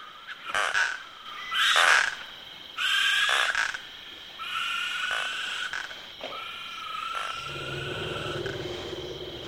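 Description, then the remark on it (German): A dense wild night chorus recorded by Bernie Krause: repeated frog and toad croaks and insect trills layered with hooting eagle owl calls, plus spotted hyenas, elephants and tree hyraxes, bursts rising and falling over a steady buzz, with lions roaring in the distance entering near the end. “Ein orchestriertes Arrangement der Laute von Insekten, Fröschen und Kröten, von Tüpfelhyänen, Uhus, afrikanischen Waldkreuzen, Elefanten, Baumschliefern und in der Ferne brüllenden Löwen.”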